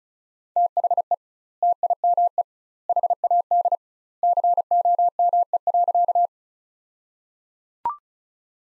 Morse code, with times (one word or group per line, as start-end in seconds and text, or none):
0.6-1.1 THE
1.6-2.4 TIME
2.9-3.8 HAD
4.2-6.3 COME.